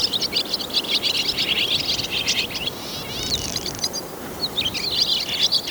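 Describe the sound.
Swallow twittering, dense high chattering notes with a brief buzzy rasp midway, then more quick chirps resuming toward the end.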